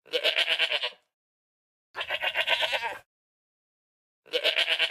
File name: Goat